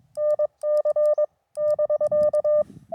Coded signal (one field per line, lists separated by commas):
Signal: Morse code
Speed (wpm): 22 wpm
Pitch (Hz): 600 Hz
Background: none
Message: NC <BK>